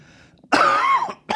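One rough, voiced cough or throat-clear with a brief second burst, from an adult man sick with a cold he calls the 'Coachella flu' after three nights at a festival.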